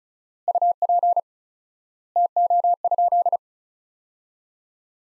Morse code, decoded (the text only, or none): UP TO?